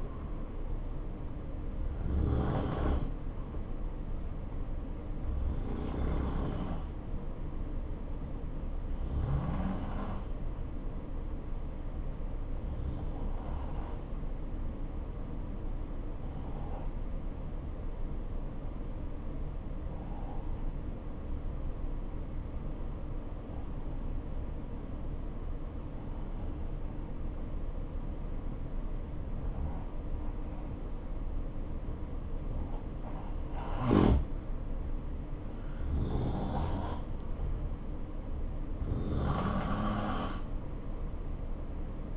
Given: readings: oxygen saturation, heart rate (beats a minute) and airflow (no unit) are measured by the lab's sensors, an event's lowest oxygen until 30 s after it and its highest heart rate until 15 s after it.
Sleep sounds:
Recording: breathing in sleep by a smartphone at the bedside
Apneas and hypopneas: 1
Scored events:
6.00-36.10 s: obstructive apnea (N1, oxygen 94% highest, then 89% lowest, heart rate 61 at the start, 70 highest)
29.00-42.17 s: new sleep stage, N2 (light sleep)
From the record:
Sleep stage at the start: N1 (lightest sleep)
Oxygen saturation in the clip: 85 to 94%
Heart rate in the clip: 59 to 70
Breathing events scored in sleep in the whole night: 277 in 7.4 hours asleep

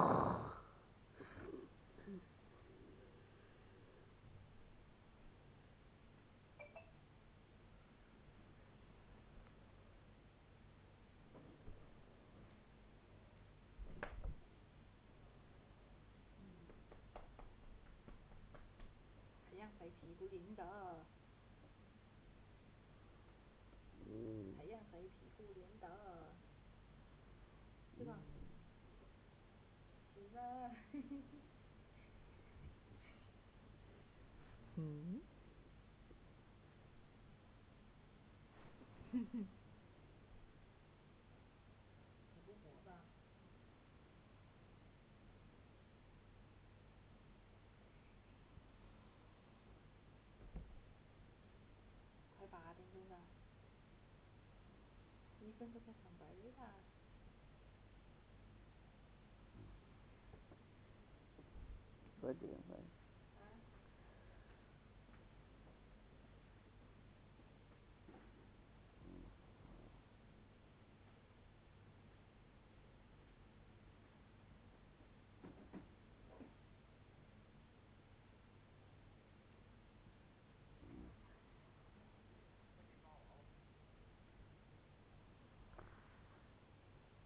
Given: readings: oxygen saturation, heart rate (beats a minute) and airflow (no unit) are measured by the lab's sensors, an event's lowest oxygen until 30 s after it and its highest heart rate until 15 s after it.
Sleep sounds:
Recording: a person awake in a sleep study, by a voice recorder at the bedside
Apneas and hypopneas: none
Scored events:
0.00-87.25 s: awake
0.00-87.25 s: awake
From the record:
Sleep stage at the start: awake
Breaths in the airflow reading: 25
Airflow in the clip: -0.7 to 0.8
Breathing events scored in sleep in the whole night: 496 in 5.4 hours asleep

